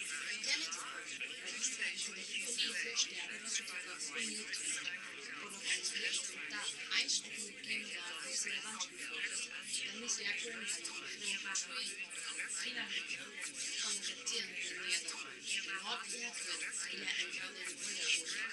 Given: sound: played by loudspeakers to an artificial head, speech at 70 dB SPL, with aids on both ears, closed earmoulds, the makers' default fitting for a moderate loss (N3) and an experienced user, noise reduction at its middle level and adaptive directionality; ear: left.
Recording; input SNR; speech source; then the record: speech test signal (ISTS) in cocktail-party noise; -3 dB; on the right (90 degrees)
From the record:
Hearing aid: class 1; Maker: J